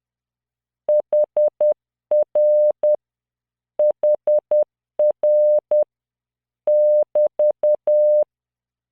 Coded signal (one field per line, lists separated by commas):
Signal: Morse code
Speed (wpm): 10 wpm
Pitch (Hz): 600 Hz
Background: none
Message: HR HR <BT>